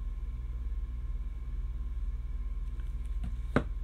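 A plastic cap is pushed back onto a lip tattoo marker so the marker won't dry out. A few faint taps at about 2.8, 3.1 and 3.2 seconds come before one sharp, loud click at 3.6 seconds over a steady low hum. The cap clicks shut and is seated.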